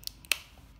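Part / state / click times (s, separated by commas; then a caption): plastic hand on an action figure's wrist peg / released / 0.3 s. An adjustable wrench clipped onto the official plastic hand of a Transformers Masterpiece MP-30 Ratchet action figure is pushed away until the hand pops off its wrist ball-joint peg. Two faint ticks come first, then a single sharp, bright click at 0.3 s. The hand is released from the wrist.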